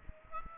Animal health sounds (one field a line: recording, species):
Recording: mosquito wingbeat signal from an infrared sensor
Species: Aedes aegypti